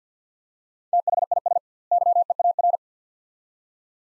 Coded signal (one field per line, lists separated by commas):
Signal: Morse code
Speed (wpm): 50 wpm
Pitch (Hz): 700 Hz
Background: none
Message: THIS YEAR